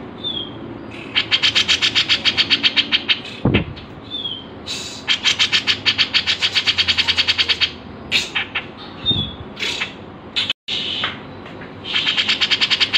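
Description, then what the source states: Grey-cheeked bulbul delivering long fast trains of clipped high notes, with a few thin whistles, scattered clicks and a brief dropout in the sound. Masteran, a training recording used to tutor songbirds.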